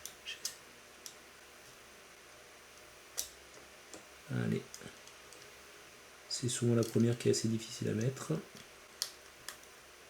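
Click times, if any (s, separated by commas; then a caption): 9.0 s. A tiny flex-cable connector is pressed onto its socket on an iPhone logic board while someone talks. Small clicks and handling taps are heard throughout, and the connector snaps into place with a sharp, bright click at 9.0 s, seating it.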